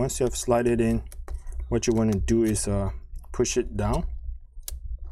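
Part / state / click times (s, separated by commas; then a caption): 40-pin display cable connector latch on laptop LCD panel / seated / 4.7 s. Someone talks while a 40-pin display cable connector is slid into its socket on a new HP 15 DY laptop LCD panel and its small locking clip is pushed down. A sharp click at 4.7 s marks the latch seating.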